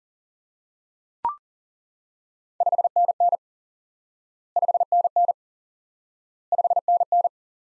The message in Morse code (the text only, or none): 5NN 5NN 5NN